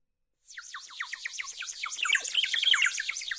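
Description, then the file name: Bird song: after a short silence, quick high twittering begins, rapid descending chirps piling into a dense warble that carries on to the end. "Ptaszki"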